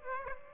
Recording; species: mosquito wingbeat signal from an infrared sensor; Aedes aegypti